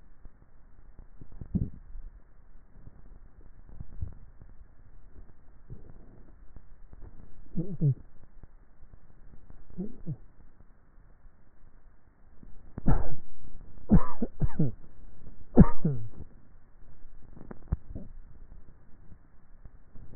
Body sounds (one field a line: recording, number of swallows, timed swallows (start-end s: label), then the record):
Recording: swallowing sounds by neck microphone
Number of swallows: 3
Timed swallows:
1.42-2.12 s: swallow
3.88-4.38 s: swallow
17.75-18.35 s: swallow
From the record:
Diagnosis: dysphagia